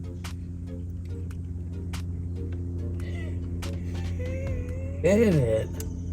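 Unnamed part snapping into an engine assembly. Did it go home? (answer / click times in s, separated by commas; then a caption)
no / none. While working on an engine, a helper handles an unnamed part being pressed into the engine assembly, but nothing has seated or clicked yet. Over a steady low hum with tonal background sound, a few brief taps are heard and someone talks, with a louder burst around 5 seconds.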